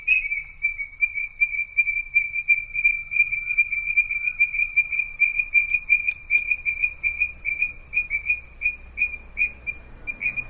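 Tree frog calling with a continuous high, pulsing trill, its notes throbbing steadily several times a second for the whole stretch, with a soft low rumble underneath.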